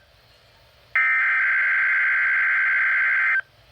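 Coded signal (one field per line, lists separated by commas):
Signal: Emergency Alert System (SAME) tones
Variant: header bursts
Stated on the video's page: Required Weekly Test on NOAA Weather Radio, without tones.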